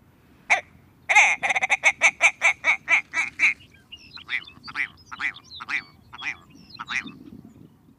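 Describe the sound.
Willow ptarmigan call: a single harsh note, then a fast rattling series of croaking notes that slows into several spaced notes, over low background noise.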